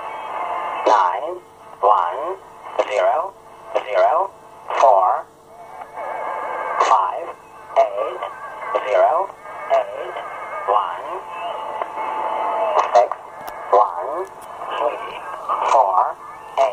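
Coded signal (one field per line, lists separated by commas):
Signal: numbers station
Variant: English Man, English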